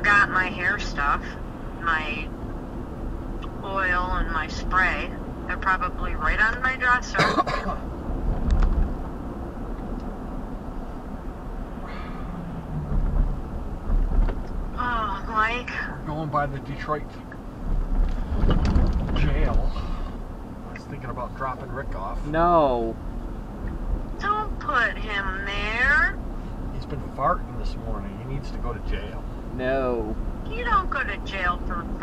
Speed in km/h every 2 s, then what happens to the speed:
56, 60, 61, 58, 60, 60, 55, 52, 47, 44, 45, 48, 50, 52, 50, 55.
0-10 steady at about 60. 10-18 slows to 44. 18-32 speeds up to 55.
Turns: none.